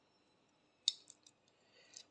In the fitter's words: ça se clipse c'est si c'est vraiment bien fait 1 en